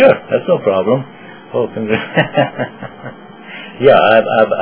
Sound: laughing